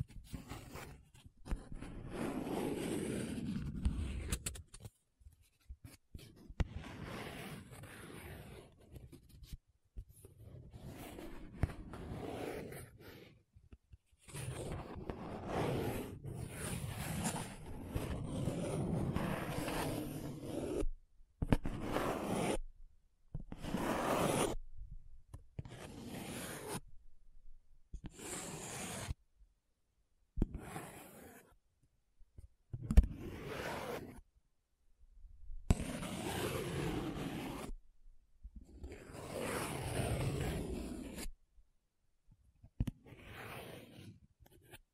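Paper being scratched, rubbed and traced in short bursts separated by brief silences, each stroke a dry, rasping texture with a soft low rumble underneath. Strokes vary in length, some quick and choppy, others drawn out over a few seconds, continuing irregularly throughout.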